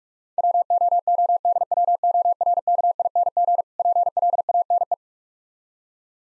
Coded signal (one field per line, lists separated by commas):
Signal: Morse code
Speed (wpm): 45 wpm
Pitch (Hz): 700 Hz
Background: none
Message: WOODWORKING PLANE